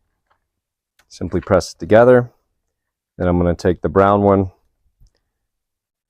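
Someone talks while a brown plastic wiring harness connector for Mabett grille lights on a Ford Bronco is picked up and rotated to line up with its tab before being pressed into its mating connector. Only faint, brief ticks are heard around 1.0, 5.1 and 5.2 seconds, and nothing has seated or clicked yet.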